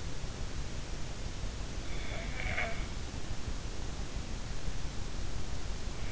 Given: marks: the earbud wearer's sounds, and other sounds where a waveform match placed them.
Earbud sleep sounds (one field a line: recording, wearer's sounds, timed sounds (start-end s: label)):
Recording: sounds in sleep by an in-ear microphone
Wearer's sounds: snoring breath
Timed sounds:
2.32-2.77 s: snoring breath